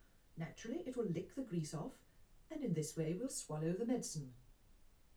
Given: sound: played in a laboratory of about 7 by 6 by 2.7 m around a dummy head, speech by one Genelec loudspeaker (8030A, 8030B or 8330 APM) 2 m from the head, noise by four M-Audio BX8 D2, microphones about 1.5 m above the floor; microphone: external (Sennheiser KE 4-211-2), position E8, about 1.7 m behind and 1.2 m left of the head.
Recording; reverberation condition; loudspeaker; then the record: female speech in English; low; 30 degrees to the right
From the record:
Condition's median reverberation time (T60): about 310 ms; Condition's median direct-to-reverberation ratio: about 3.5 dB